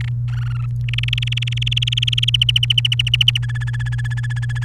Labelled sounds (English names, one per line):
Domestic Canary song